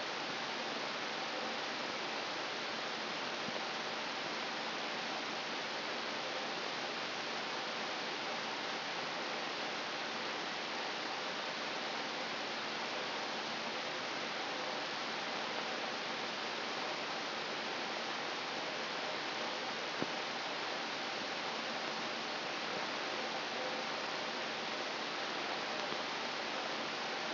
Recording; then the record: brain microelectrode recording played as sound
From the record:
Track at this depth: inside the subthalamic nucleus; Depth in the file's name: 1.75 mm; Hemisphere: right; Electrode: 3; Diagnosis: Parkinson's disease